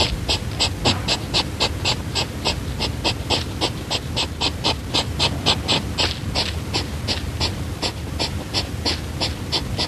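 European hedgehog sniffing and huffing in a quick continuous series, close to four hissy puffs per second, slightly uneven in rhythm, over a low background rumble.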